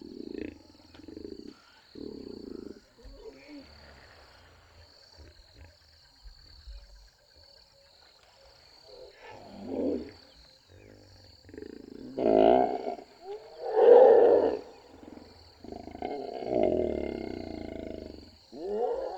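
Savanna ambience with a large animal roaring and growling, deep rumbling bursts that build and grow louder after about twelve seconds, peaking near fourteen seconds. A faint, steady high whine runs underneath throughout, and low grunts fill the quieter opening stretch.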